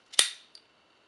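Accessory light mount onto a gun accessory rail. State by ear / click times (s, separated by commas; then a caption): seated / 0.2 s. A spring-loaded accessory light is held down, slid onto a gun's accessory rail and released, and its locking lug snaps into one of the rail notches with a sharp, bright click at 0.2 s, preceded by a faint tick at 0.1 s. A softer tick follows at 0.6 s, and the light is seated on the rail.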